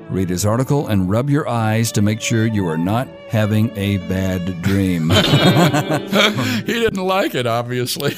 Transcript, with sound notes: Read his article and rub your eyes to make sure you are not having a bad dream.
[laughter] He didn't like it, obviously.